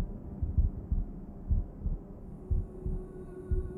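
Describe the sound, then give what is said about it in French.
A muffled, low whooshing noise like sound inside a womb, with a steady heartbeat thudding through it in soft, rhythmic double pulses. No voices. “Avant que je n'étouffe, un bruit blanc vient rompre le silence.”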